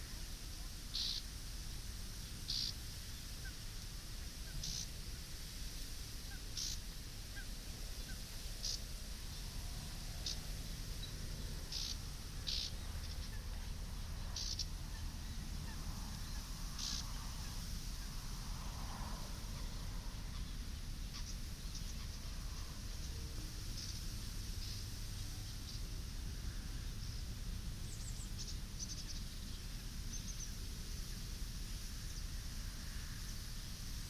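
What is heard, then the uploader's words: Wind blows steadily along a path through reeds, a heavy low rumble that never lets up. Short, bright ticks and chirps, perhaps small birds or rustling stems, break through every second or two across the whole recording. Jantjesplaat (De Biesbosch, August 12th 2016). Recorded on a windy path among the reeds in National Park De Biesbosch.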